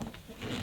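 A new hose end is screwed onto the hose inlet of a Numatic vacuum cleaner, and the threading stops because the thread seems to have gone on crooked and cross-threaded. Short scraping and rubbing sounds, with small knocks at about 0.0 and 0.1 s, build into louder, steady rustling by the end. Nothing has seated or clicked yet.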